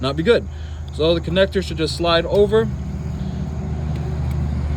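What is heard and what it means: A wiring connector is slid over the base of the passenger-side headlight bulb on a 2011-2017 Honda Odyssey to show its position, deliberately not snapped in yet. Someone talks over a steady low engine-like hum, and the hum continues after the talking stops. Nothing has clicked or seated yet.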